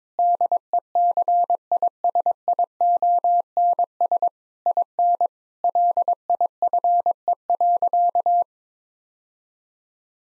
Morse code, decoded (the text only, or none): DECISIONS IN LIFE.